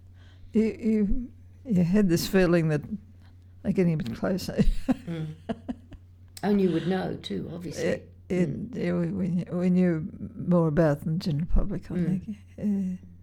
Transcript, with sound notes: — you had this feeling that they were getting a bit closer, you know? [laughs]
And you would know too, obviously.
Yeah we knew more about it than the general public I think, yeah.